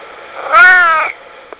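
Cat giving a single loud, drawn-out meow lasting about half a second, slightly wavering in pitch, followed by a brief soft click.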